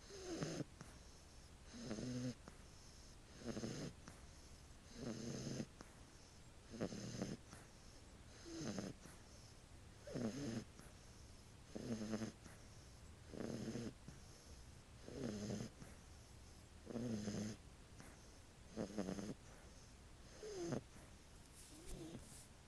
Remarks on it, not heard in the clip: The sound of puppies sleeping snoring. My dogs make the funniest little noises when they sleep.